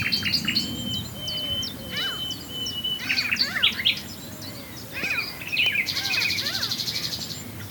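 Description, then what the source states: Common nightingale song opening on a long pure whistle, followed by sharp down-slurred chirps and a harsh buzzy ending, over a low rumble. Swale.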